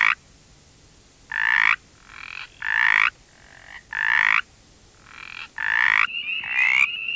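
Mountain chorus frog calls: short raspy, pulsed croaks about half a second long, loud ones alternating with fainter calls, ending with a different overlapping sound.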